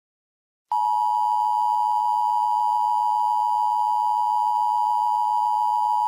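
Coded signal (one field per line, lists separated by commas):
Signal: Emergency Alert System (SAME) tones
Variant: 853 and 960 Hz attention tone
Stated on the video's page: Fictional EAS scenario set in Minecraft; simulated alert, not a real activation.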